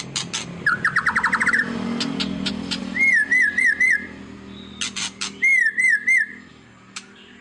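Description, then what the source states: White-rumped shama song with sharp clicks, a buzzy trill and wavering looped whistles repeated in bursts over a low background hum. Lure song of an actively singing ('gacor') murai batu, played to make other birds respond.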